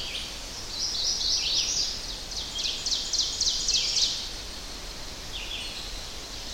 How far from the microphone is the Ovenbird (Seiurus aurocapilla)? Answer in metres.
about 70 m